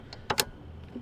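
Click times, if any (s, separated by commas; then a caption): 0.3 s, 0.4 s. The longer passenger-side hose of a UPR billet dual-inlet breather tank catch can, on an ESS supercharged Mustang GT, has its quick-connect fitting pushed onto the engine vent port. After a faint tick, two sharp plastic clicks sound at 0.3 s and 0.4 s, and the fitting is seated.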